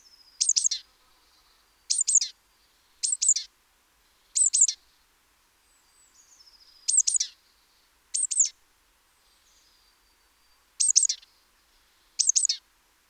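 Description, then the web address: Great tit calls: eight piercing doubled notes in uneven spacing, with faint high sounds in between. "SETE Parus major"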